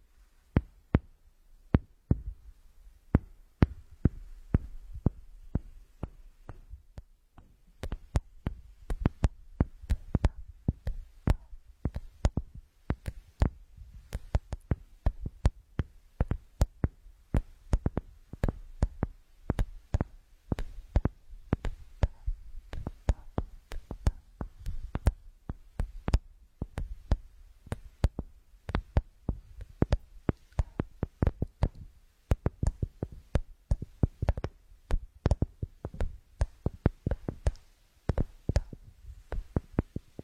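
Crisp tapping: sharp clicks with a bright snap, struck in quick irregular clusters. The taps are sparse for the first several seconds, then come thick and fast for the rest, some louder than others, over a faint low hum.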